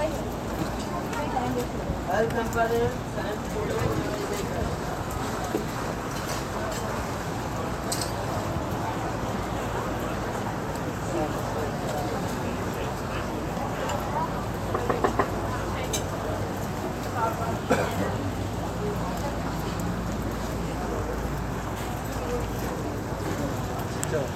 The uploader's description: Walking along The Grand Canal in Venice